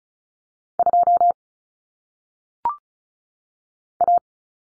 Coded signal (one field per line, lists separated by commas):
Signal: Morse code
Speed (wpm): 36 wpm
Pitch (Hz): 700 Hz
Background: none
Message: 2 A